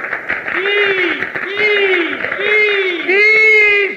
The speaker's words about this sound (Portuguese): E alguém é muito aplaudido numa festinha do apartamento 832.